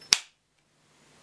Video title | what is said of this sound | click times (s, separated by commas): Shark Rocket Duo Clean Vacuum Cleaner Demonstration & Review | to assemble the cleaner for carpet or hard floor cleaning first insert the aluminium wand into the power nozzle until it clicks | 0.1 s